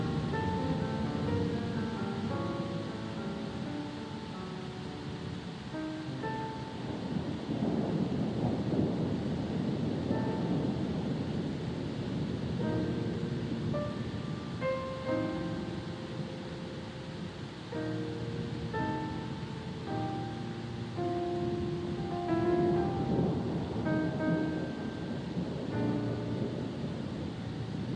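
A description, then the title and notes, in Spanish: A stormy sea surges and washes steadily beneath calm music, the water's rush swelling around the eight-second mark and again near the end. Soft sustained tones and gentle melodic notes drift over the noise, the surf staying dense throughout. Los sonidos tranquilos de una tormenta en el mar, acompañados de música relajante. La armoniosa mezcla de la tormenta y las olas crea una atmósfera pacífica.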